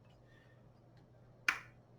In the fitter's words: so see it just pops right in